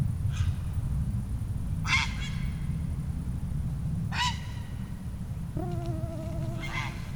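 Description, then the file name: Grey heron giving four harsh, croaking squawks, the first faint, spaced about two seconds apart, with a steady wavering tonal call near the end and constant low rumble underneath. "Ardea cinerea"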